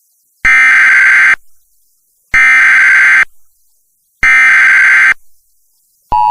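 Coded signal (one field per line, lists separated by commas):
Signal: Emergency Alert System (SAME) tones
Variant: header bursts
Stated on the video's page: Real flash flood warning received over an FM broadcast station.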